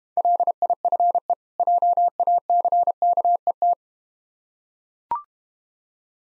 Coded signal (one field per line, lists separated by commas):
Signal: Morse code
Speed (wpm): 32 wpm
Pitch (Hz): 700 Hz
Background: none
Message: LIFE JACKET